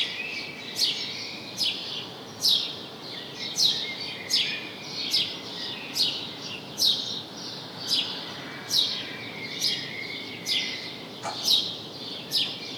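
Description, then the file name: House sparrow giving a long run of loud chirps, roughly one each second, with a steady hiss behind. "Passer domesticus"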